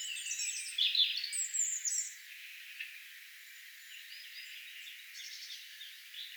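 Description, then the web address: European robin song: a burst of high, jangling, twittering phrases in the first two seconds, then softer, thin warbled notes, with a faint background hiss. Song given in a particular manner, recorded 6 May 2025. "6 5 2025 tuolla tavoin laulava punarinta"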